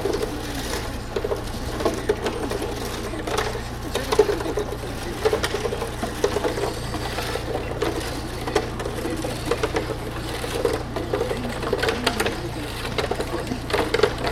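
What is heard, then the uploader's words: A concrete mixer churns steadily with a low, even drone and rhythmic rattling, while scattered knocks and clatter from the street punctuate it throughout. Betonmolen/Concrete mixer Den Haag.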